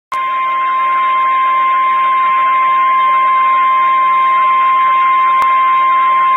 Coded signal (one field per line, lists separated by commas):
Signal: Emergency Alert System (SAME) tones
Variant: 1050 Hz attention tone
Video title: Weatheradio Canada - Severe Thunderstorm Watch (EAS #42-45) 14/09/2012